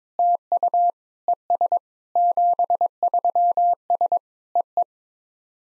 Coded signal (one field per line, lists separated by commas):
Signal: Morse code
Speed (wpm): 22 wpm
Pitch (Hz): 700 Hz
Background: none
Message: TU ES 73S EE